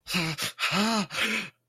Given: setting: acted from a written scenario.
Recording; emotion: vocal sound without words; distress